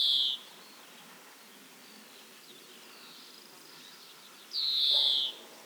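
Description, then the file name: European greenfinch calling with a clear, drawn-out note that slides slightly downward, heard once at the start and again near the end, with quiet background between. "Chloris chloris"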